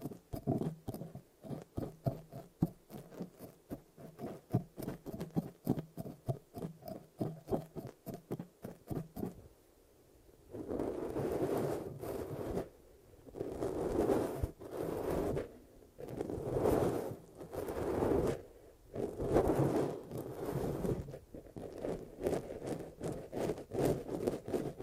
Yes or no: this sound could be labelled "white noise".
no